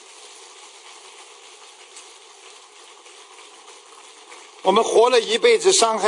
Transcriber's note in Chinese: 掌声